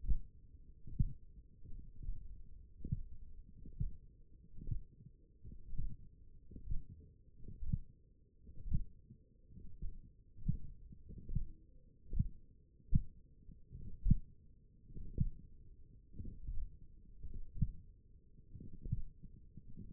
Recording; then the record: forearm muscle sounds (acoustic myography)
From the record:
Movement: finger pinch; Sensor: system 1, eight BSWA MPA416 microphones around the upper forearm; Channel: 4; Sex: male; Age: 42 years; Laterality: right